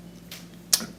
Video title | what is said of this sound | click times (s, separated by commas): DRYER SCREECHING—FIXED | the new wheel on you look plastic clip just push it over it'll click into place | 0.7 s